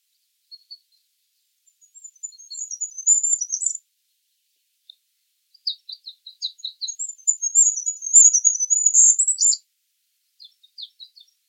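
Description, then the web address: Bird call: high twittering phrases building from scattered chips into thin warbles, with a pause between bursts and short chip notes at the end. "Bird Only"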